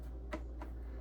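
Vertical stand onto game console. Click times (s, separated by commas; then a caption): 0.3 s. A plastic vertical stand or base plate is pressed onto a PS5 Pro game console and snaps into place with a sharp click at 0.3 s, followed by a fainter click at 0.6 s over a steady low hum. The stand is seated, but its screw hole still does not line up with the console.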